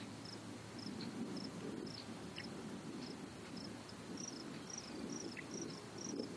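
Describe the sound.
Cicada song: short high pulses repeated about twice a second in a steady series, over a low rumbling background.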